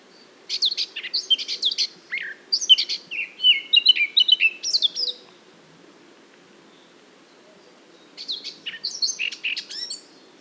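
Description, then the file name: Eurasian blackcap song: a long, lively warble of fluty and chattering notes, then a few seconds of quiet before a shorter phrase follows. "Sylvia atricapilla"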